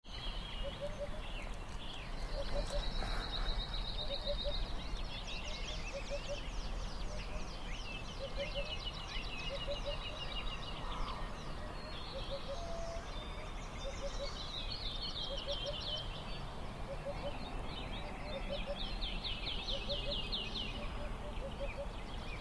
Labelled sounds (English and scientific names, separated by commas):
Eurasian Hoopoe (Upupa epops)